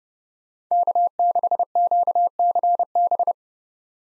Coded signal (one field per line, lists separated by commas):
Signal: Morse code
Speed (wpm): 32 wpm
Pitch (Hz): 700 Hz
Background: none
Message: K6QCB